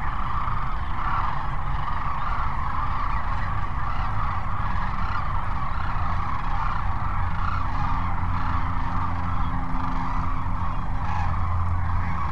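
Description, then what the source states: Massed sandhill cranes giving rolling, bugling calls without pause, forming a thick continuous chorus over a low droning hum. Sandhill cranes at Cochise Lakes on 30 January 2019.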